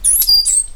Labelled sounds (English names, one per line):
Stitchbird song